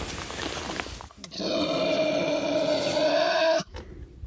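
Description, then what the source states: Tasmanian devil giving a sustained, harsh, droning cry with a steady pitch and strong harmonics, lasting about two seconds, after rustling noises. Tasmanian devil vocalizing while being released back into the wild, from a video; sounds described as really kind of high-pitched.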